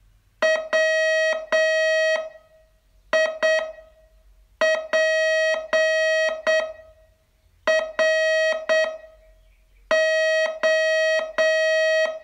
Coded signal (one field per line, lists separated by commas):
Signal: Morse code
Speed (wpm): 8 wpm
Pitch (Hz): 640 Hz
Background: none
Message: WIPRO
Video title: Learn Morse in 42 Days from VU2LAU - day 27 tse